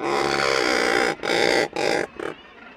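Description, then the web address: Razorbill giving harsh, grating growls: one long rasping call of about a second, then three progressively shorter growls with brief pauses between them. Razorbills nest in colonies, principally on the coast of Iceland, in crevices among boulders. "birdnote razorbills-swim-in-synchrony"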